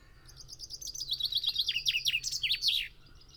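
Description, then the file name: Common chaffinch song: a quick cascade of repeated sharp notes falling in pitch into a final flourish. "Fringilla coelebs"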